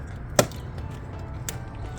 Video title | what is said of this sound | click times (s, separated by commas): LED MATRIX Style Headlight Upgrade for 2010 - 2018 Porsche Cayenne - FULL DIY Install! | and it clicked into position that feels secure | 0.4 s